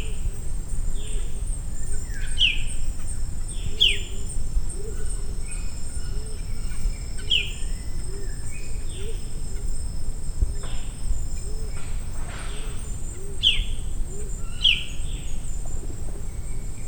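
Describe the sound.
Maratua bulbul calling with sharp, down-slurred notes at irregular intervals, over a constant high insect drone and soft low notes.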